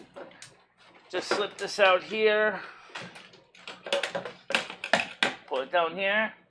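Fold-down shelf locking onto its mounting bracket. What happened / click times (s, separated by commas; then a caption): The folding shelf is being handled but has not locked in yet / none. Someone talks while slipping a fold-down laptop shelf out and pulling it down toward its mounting bracket, with a few short taps and knocks of handling between the words. The clip ends before the shelf locks into place; nothing has seated or clicked yet.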